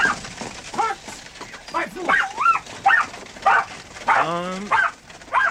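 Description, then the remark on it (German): A spaniel barks repeatedly in short, pitched yips and woofs at an uneven rhythm, ending with one longer, louder, strained bark that drops in pitch. “Braver Hund.”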